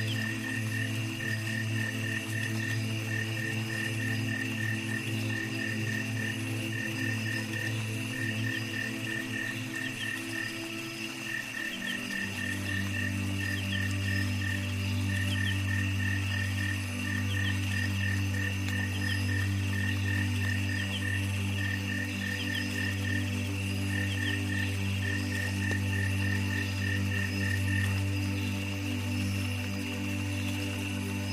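A jungle chorus of rapid, regular frog chirps repeats over steady droning tones that shift lower around twelve seconds, with a constant hiss.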